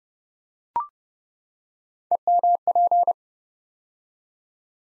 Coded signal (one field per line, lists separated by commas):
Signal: Morse code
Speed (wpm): 28 wpm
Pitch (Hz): 700 Hz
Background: none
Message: EMP